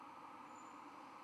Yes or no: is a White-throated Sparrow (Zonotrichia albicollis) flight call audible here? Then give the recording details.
no. No flight call is heard. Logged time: 21:45 on 12 November 2014